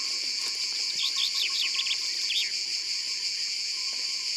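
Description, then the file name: Common chaffinch singing a rapid run of falling notes, then one more note after a short pause, set against dense, continuous cricket-like trilling. Ardèche. "Pinson-Des-Arbres-Concerts-Naturels-De-l Ardeche"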